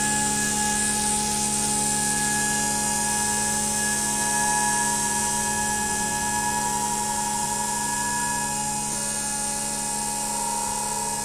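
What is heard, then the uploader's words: Electromagnetic signals from underground railway lines form a dense, steady electrical drone with a piercing whine. Bright sustained tones sit above a buzzing, pulsing low hum, with a hiss across the top that barely changes over the eleven seconds. This interlude is a sonic representation of the mass transit hub that is Bank/Monument Tube Station. It comprises of recordings of the EM signals produced each of the underground lines that converge there. These include the Northern line, Central line, District line and the Waterloo & City line.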